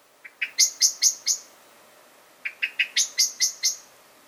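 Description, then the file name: Common blackbird calling two quick runs of hard, metallic chink notes, each of several clicks, separated by a short gap. "Turdus merula"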